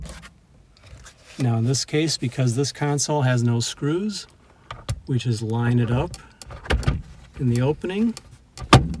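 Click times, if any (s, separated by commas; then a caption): 8.7 s. A screwless plastic overhead console is lined up in its headliner opening in a Subaru Legacy and pressed until its clips snap home. Someone talks throughout, with a few small handling taps around 6.4–6.8 seconds. A sharp snap at 8.7 seconds marks the console seating in place.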